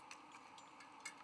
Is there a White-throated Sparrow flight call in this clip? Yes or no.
no